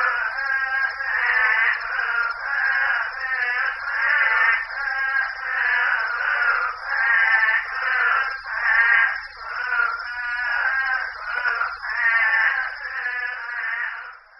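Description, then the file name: Couch's spadefoot calls, many bleating, goat-like wails overlapping in a continuous pulsing chorus, while a constant high buzz holds steady throughout. Saguaro National Park, 5 July 2011. "Couchs Spadefoot Toad Saguaro NP 20110705"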